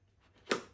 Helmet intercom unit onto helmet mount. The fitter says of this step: boom clicks right on looks nice and clean and so the cardo can come out